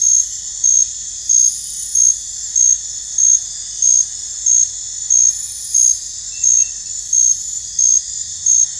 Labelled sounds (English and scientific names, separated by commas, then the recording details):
none
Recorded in dense forest near Puerto Asís, Putumayo, Colombia, on 20 December 2024 at 23:00
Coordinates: 0.468, -76.322
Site G071